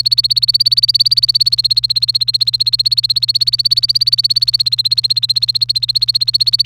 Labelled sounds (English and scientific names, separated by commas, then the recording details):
Domestic Canary (Serinus canaria) song
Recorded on 1 May 2018 at 09:09
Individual llb3